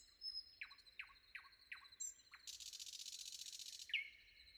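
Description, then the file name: Common nightingale song: five slurred downward notes spaced evenly, then a dense buzzing rattle lasting over a second, ending on a single bright whistle. Sung before dawn. "predawn nightingale"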